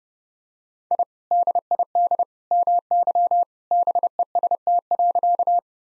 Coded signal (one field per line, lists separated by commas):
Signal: Morse code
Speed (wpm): 30 wpm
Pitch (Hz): 700 Hz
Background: none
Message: I DID MY BEST.